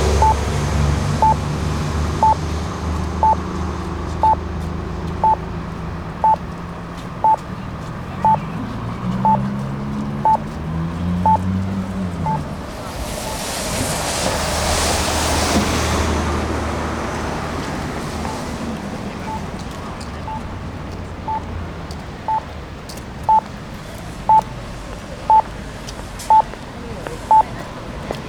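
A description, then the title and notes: Street corner traffic with a crosswalk signal beeping about once a second, pausing midway and then resuming. Low engine rumble fills the background, and around the middle a vehicle passes with a loud hissing rush. Corner of Rideau and Sussex Street.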